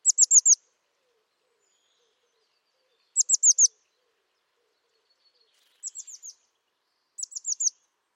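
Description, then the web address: Bird calling in four-note bursts of high, descending chirps, repeated four times at uneven intervals, the last two bursts softer. "cianscape birddata Deverinetal 2025 Bird Only"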